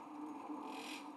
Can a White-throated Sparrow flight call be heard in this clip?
no